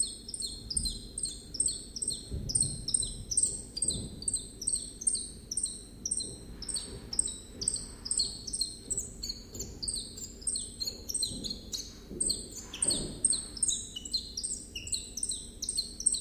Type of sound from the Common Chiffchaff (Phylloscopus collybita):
song